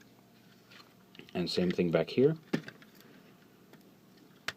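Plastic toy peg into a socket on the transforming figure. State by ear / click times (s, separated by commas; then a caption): seated / 4.5 s. Someone talks while folding a plastic part of a Mastermind Creations Terminus Hexatron Super Nova Limited Edition transforming robot toy and pushing its plastic peg into a socket on the figure. A single sharp, loud snap is heard at 4.5 s as the peg seats in the socket.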